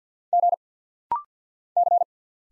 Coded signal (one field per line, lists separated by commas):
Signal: Morse code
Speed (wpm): 50 wpm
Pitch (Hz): 700 Hz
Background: none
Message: G C